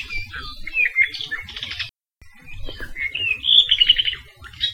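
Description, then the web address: Apapane calls: a varied run of whistled notes, buzzy trills and squeaky chatter, broken by a brief silent gap, with faint low rumble beneath. Saddle Road, Hawaii. "Saddle Road Birding Songfiles apapanelong"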